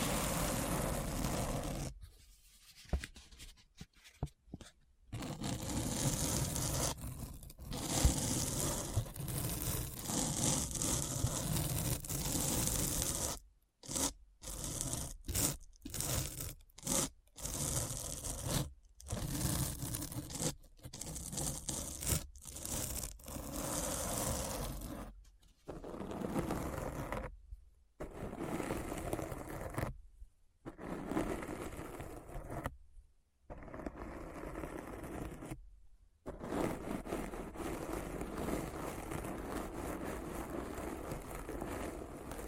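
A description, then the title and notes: A dense, rough scratching noise fills the clip, grainy and full from low rumble up to hiss. It is repeatedly chopped by abrupt silent gaps, clustered near the start and again between about 13 and 36 seconds, so the texture stutters on and off irregularly. ASMR Deep Brain Scratch (No Talking).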